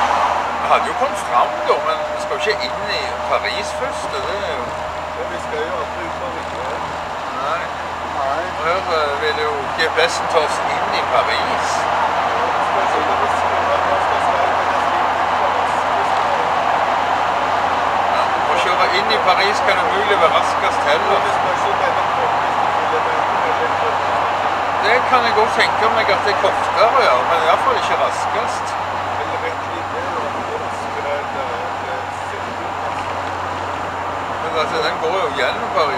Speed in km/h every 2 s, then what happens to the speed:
70, 70, 73, 73, 73, 76, 82, 79, 76, 74, 74, 72, 85, 84, 87, 87, 82, 82.
0-9 steady at about 73. 9-11 speeds up to 82. 22-27 speeds up to 87. 27-36 steady at about 82.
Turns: none.